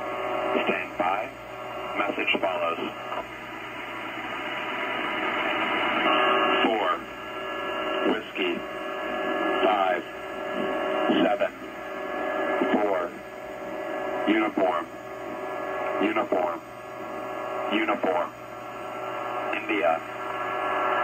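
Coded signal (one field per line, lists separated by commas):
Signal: coded military voice message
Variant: HFGCS Emergency Action Message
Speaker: i have one of those uh uh messages recorded and you can hear that now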